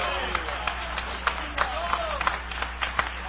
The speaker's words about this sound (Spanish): ¡Dale ese aplauso a Jesús!